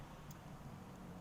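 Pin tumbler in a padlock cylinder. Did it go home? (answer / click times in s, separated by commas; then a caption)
no / none. A Lishi 2-in-1 lock pick works pin four of a pin tumbler in a padlock cylinder under tension, over a low, steady background rumble. Nothing has clicked or seated yet; the clip ends just before pin four sets.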